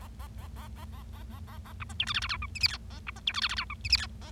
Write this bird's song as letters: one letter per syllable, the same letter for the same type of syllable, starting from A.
A A A A A A A A A A B C D E F F G H I J K A B C D E F F G H I J K A